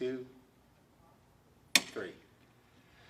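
Someone talks while a second platen tensioner on the reagent pump tubes of a 3017M DPD chlorine analyzer is tightened. It gives one sharp click at 1.8 s, followed by a brief, softer rattle. The tensioner is seated and tight.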